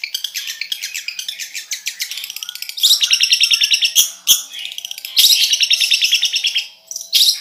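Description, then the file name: Long-tailed shrike song: a fast, varied chattering of high, scratchy notes, with louder buzzy bursts around the third and sixth seconds. "suara-cendet-versi-4"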